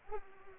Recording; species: mosquito wingbeat signal from an infrared sensor; Culex pipiens